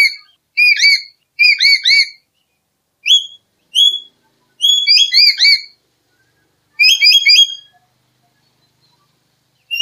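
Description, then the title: Black-capped lory giving clipped whistled notes, some single and some in quick clusters of two or more, at irregular intervals. "Nuri kepala hitam"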